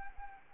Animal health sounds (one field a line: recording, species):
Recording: mosquito wingbeat signal from an infrared sensor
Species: Anopheles arabiensis